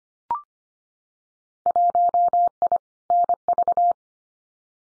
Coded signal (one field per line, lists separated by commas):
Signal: Morse code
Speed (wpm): 25 wpm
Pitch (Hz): 700 Hz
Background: none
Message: 1I NV